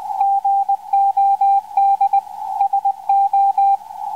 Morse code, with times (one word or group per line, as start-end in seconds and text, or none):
0.2-2.2 GOD
2.6-3.8 SO